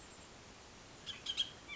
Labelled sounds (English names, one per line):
Bullock's Oriole